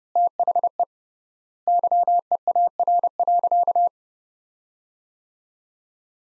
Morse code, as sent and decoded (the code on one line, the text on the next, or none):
- .... . / -.-- . .- .-. .-.-.-
THE YEAR.